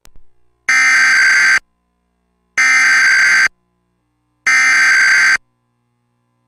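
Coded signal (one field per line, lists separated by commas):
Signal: Emergency Alert System (SAME) tones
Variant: header bursts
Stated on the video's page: Fictional EAS mock, simulated alert.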